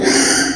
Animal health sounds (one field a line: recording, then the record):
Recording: squeal of a Yucatan mini pig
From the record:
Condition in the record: after surgery on the right vocal fold (resection and tissue-engineered implant)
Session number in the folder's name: 3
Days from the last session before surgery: 33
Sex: male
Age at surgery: 12 weeks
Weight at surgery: 13 kg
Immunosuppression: cyclosporine, prednisolone